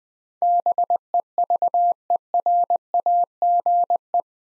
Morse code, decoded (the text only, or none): BEVERAGE